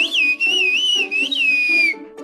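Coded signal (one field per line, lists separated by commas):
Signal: whistled language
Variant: Turkish kuş dili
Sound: a loud gliding whistle rising and falling in pitch, in several short phrases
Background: low background hum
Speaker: this is cushdili also known as the bird language it allows complex conversations over long distances without using words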